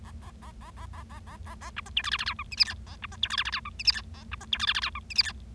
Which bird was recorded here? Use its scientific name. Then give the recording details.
Lonchura striata domestica. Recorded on 25 March 2012 at 11:51. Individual gy6or6